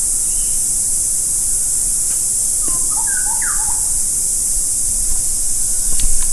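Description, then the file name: Bird calls, a brief cluster of short, slurred chirping notes midway through, over a steady high-pitched hiss that runs throughout. "SABIOD 50 bird 2015"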